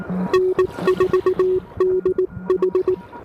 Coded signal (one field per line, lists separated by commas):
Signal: Morse code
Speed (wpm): 18 wpm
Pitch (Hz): 370 Hz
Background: none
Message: N4DH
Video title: POTA ATNO: Pedestrian Mobile QRP from One of My Favorite Places on Planet Earth!